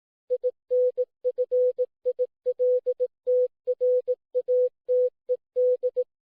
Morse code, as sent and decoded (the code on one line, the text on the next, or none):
.. -. ..-. .. .-.. - .-. .- - . -..
INFILTRATED